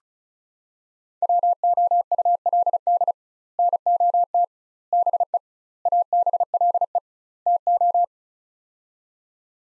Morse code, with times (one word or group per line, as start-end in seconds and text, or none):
1.2-3.1 WOULD
3.6-4.4 NOT
4.9-5.4 BE
5.9-7.0 ABLE
7.5-8.0 TO